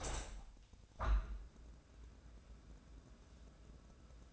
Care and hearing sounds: daily activity, microphone in the room; open window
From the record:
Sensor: 2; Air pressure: 1012.1 hPa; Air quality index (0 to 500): 123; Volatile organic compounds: 1 ppm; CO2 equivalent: 910 ppm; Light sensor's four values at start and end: 109/263/108/106 and 109/261/107/106

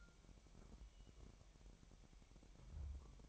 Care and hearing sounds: daily activity, microphone in the room; take from stove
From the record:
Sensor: 1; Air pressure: 1012.1 hPa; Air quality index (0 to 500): 225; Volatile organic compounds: 5 ppm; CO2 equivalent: 1799 ppm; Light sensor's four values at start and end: 73/173/74/78 and 73/172/74/78

